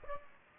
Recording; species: mosquito wingbeat signal from an infrared sensor; Aedes aegypti